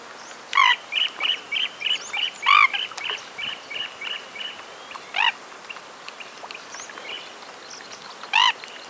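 Jacana giving loud rasping calls while a rapid series of short, high, clipped notes runs steadily underneath for several seconds.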